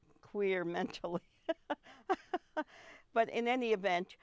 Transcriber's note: laughs